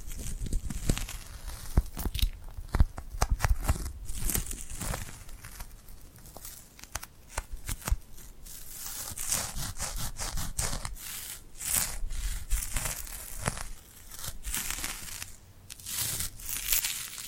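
Tingly glued hand sounds: sticky peeling, crinkling and tearing crackles in rapid irregular bursts, bright and dense throughout, with brief quieter pauses.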